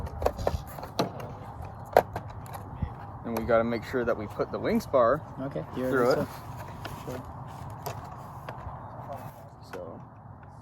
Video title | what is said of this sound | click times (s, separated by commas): 🛬 Building, 1st Flight, Agility and Landing Gear braking test! | get it clicked in here and | 2.0 s